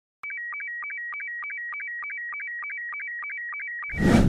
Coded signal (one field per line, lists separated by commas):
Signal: SSTV (slow-scan television)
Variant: Robot 72